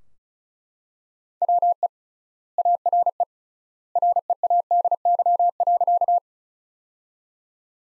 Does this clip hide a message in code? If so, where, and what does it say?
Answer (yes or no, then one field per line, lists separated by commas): yes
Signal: Morse code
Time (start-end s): 1.4-6.2 s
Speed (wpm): 34 wpm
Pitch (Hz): 700 Hz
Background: none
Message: WE ARE READY.